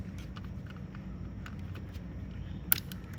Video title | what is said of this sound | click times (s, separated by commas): Lexus LS430 Door Panel Removal For Speaker Replacement | Okay. You hear the clicks. | 2.7 s